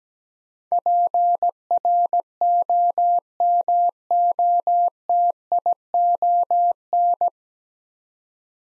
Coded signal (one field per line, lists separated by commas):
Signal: Morse code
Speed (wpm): 17 wpm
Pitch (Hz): 700 Hz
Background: none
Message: PROMOTION